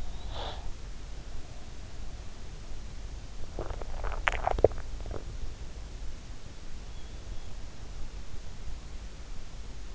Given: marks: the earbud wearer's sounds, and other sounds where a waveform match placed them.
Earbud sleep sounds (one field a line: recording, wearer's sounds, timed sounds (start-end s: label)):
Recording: sounds in sleep by an in-ear microphone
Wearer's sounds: breath, swallowing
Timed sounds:
0.00-0.75 s: breath
3.35-5.61 s: swallowing